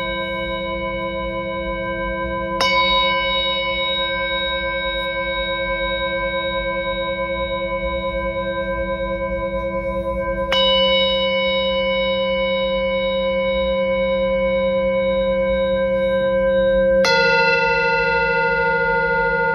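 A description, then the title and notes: Three Tibetan singing bowls ring in turn, each struck once at about 3, 10.5 and 17 seconds. Every strike gives a bright attack that settles into long, steady sustained tones. The rings overlap and layer over a continuous low hum beneath. Here I play three Tibetan Singing Bowls.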